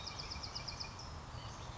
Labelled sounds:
Bewick's Wren
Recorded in Sonoma County, California

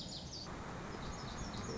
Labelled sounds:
Lazuli Bunting
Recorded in Sonoma County, California

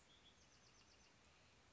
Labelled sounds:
Bewick's Wren
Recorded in Sonoma County, California

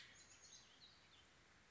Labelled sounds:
Chestnut-backed Chickadee
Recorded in Sonoma County, California

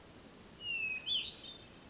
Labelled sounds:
Hermit Thrush
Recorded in Sonoma County, California

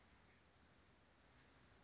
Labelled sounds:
Western Flycatcher
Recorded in Sonoma County, California

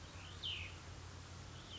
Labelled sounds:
Cassin's Vireo
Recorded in Sonoma County, California

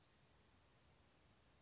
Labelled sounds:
Western Flycatcher
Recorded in Sonoma County, California

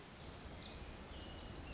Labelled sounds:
Pacific Wren
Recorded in Sonoma County, California

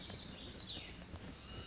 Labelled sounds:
Cassin's Vireo
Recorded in Sonoma County, California

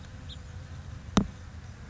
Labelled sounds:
House Finch
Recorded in Sonoma County, California

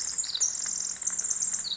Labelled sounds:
Pacific Wren
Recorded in Sonoma County, California

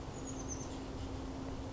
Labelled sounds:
Oak Titmouse
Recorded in Sonoma County, California

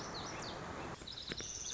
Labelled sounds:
Lazuli Bunting
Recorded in Sonoma County, California

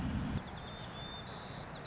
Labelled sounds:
White-crowned Sparrow
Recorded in Sonoma County, California

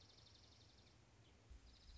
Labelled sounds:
Dark-eyed Junco
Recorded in Sonoma County, California

